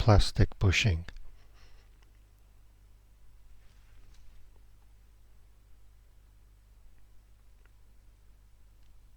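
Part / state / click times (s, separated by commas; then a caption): plastic bushing onto car gear selector linkage / not seated / none. Someone talks briefly, then there is quiet handling with a few faint ticks as a replacement plastic bushing is worked onto the gear selector linkage of a Mercedes S203/W203 with a gear selector stuck in drive, in place of the original locking clip. Nothing has seated or clicked into place yet.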